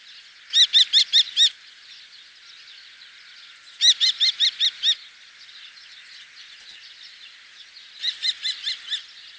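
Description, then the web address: Common kestrel giving shrill, sharp repeated calls in three bursts of about five quick notes each. "falco tinnunculus call"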